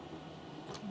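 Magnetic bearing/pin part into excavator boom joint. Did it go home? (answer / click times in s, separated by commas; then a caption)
no / none. Someone tries to push a magnet-retained bearing/pin part into its seat in the boom joint of a 1/14 RC hydraulic excavator (JDM Liebherr 920), but it will not go in, unlike the earlier part that slid in smoothly. Only a steady low-level rumble is heard, with a brief faint high hiss around 0.7–0.8 s. The part fails to insert, and nothing has seated or clicked yet.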